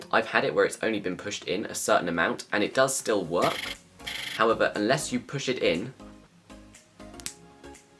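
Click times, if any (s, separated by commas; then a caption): 7.2 s, 7.3 s. Someone talks, then a 3.5 mm audio cable plug is pushed fully into the socket of a Boya MM1 external microphone, since a partly inserted plug may not work well. A sharp double click is heard at 7.2 and 7.3 seconds as the plug seats fully.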